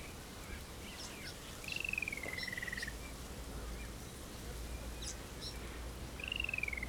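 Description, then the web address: Bird whistles: two clear, slightly descending whistled notes several seconds apart, with faint chirps and a steady low traffic rumble underneath. Daytime in a small-town backyard, Ethiopia; traffic in the distance. "MOTHERLAND ETHIOPIA DAYTIME, SMALL TOWN, BACKYARD, BIRDS, TRAFFIC IN DISTANCE, LEAVES IN WIND, MOJO MOTHERLAND ETHIOPIA"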